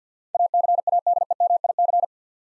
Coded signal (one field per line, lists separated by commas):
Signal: Morse code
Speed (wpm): 52 wpm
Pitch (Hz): 700 Hz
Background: none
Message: ACADEMIC